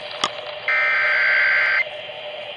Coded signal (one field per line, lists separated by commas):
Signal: Emergency Alert System (SAME) tones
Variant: header bursts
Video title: LOOK AT IT ALL MESSAGE TO NOTIFICATIONS... EAS Alerts from 9/21/25 (EAS#4,669 - 4,687)